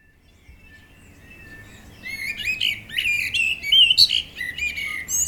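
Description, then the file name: Common blackbird song: quiet start, then from two seconds clear fluted whistles around mid pitch run into squeaky, high twittering notes. "Turdus merula"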